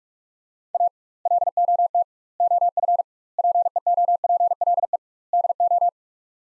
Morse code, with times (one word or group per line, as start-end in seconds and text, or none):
0.7-0.9 A
1.3-2.0 LOT
2.4-3.0 OF
3.4-5.0 PEOPLE
5.3-5.9 DO